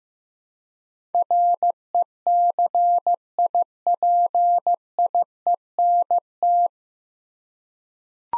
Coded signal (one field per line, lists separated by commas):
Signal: Morse code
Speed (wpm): 15 wpm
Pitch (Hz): 700 Hz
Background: none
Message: RECIPIENT